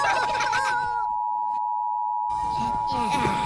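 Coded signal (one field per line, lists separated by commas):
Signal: Emergency Alert System (SAME) tones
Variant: 853 and 960 Hz attention tone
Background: speech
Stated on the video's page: Fictional analog horror EAS scenario, not a real alert.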